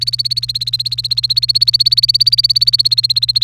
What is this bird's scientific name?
Serinus canaria